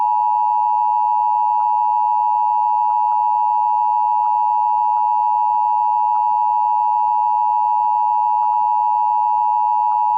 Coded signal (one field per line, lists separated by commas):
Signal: Emergency Alert System (SAME) tones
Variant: 853 and 960 Hz attention tone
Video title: EAS Scenario 9: Tornadic Phenomenon